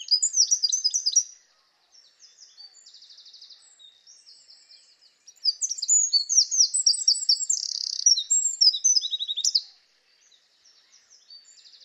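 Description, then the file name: Eurasian wren song: a short high burst, fainter trilling notes, then a loud four-second stream of rapid notes and rattles, followed by soft trills. "Troglodytes troglodytes"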